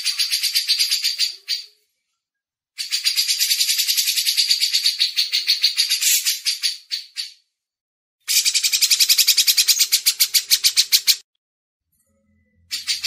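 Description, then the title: Grey-cheeked bulbul giving harsh, buzzy chattering bursts of rapid pulsed notes, three long runs separated by short silences, a fourth starting at the end. Masteran tutor used as training audio. "MASTERAN CUCAK JENGGOT"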